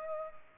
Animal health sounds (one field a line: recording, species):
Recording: mosquito wingbeat signal from an infrared sensor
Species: Culex pipiens